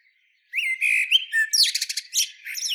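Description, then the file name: Common blackbird song: a clear whistled opening phrase that runs straight into a rapid, high, chattering twitter of squeaky notes. "Turdus merula"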